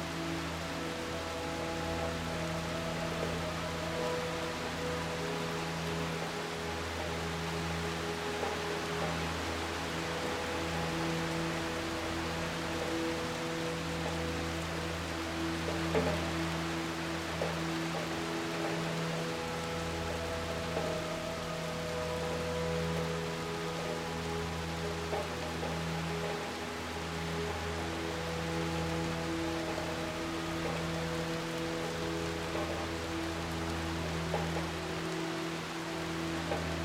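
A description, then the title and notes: Steady rain hisses evenly throughout, a dense, unchanging patter with no gaps. Beneath it, soft ambient music holds long, sustained low tones and a few higher drawn-out notes that shift gently. Around the middle a brief brighter swell rises, then settles back. Immerse yourself in the gentle embrace of raindrops and ambient melodies. The rhythmic pitter-patter of rain meets ethereal music.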